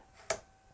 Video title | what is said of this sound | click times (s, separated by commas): Panasonic Lumix GH5II Tutorial & Walkthrough Setup Guide | the red dots so red dot here red dot here click it in and turn it to the right | 0.3 s